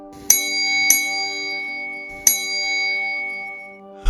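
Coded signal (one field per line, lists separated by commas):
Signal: bell signal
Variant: railway block bell code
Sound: two ringing bell strikes, a pause, one strike, then another strike at the very end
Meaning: Acknowledges that the line is clear for a stopping suburban train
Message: 2-1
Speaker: replies yes the line is clear for Suburban stopper Train by sending back the same code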